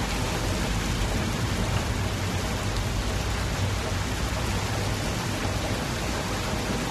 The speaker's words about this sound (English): Lluvia, llueve y llueve y llueve.